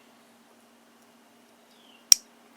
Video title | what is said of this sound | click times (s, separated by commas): First Look At The Crivit Multi Tool Knife Sold By Lidl | heard that lock | 2.1 s